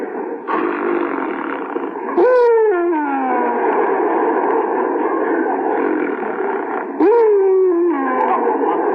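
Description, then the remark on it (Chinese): A voice imitates a loud, jet-like snore of Master Ma Changqing: a sustained, droning, nasal tone lasting several seconds, with two sharp whooshing swoops that drop in pitch, like a blast of breath. “他打那呼应该叫做喷气式的。”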